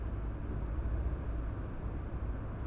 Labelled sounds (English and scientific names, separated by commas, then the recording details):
none
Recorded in Germany
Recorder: ecoPi